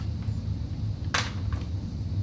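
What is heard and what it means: A stiff plastic cable connector is pushed fully home onto a motherboard header. Over a low background hum, a loud, sharp snap at 1.2 s marks it seating, followed by a fainter tick at 1.5 s. The connector is seated.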